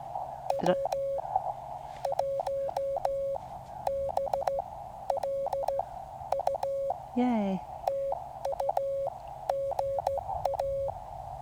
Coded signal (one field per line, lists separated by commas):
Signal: Morse code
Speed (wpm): 16 wpm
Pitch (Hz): 550 Hz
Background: speech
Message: W1BLU TU GA